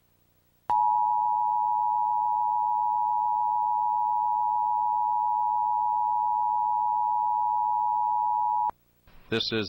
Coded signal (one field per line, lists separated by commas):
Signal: Emergency Alert System (SAME) tones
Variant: 853 and 960 Hz attention tone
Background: speech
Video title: Comcast Emergency Alert System - Required Monthly Test (March 30, 2022)